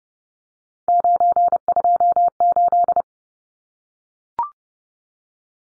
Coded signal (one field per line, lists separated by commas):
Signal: Morse code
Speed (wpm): 30 wpm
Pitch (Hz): 700 Hz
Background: none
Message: 928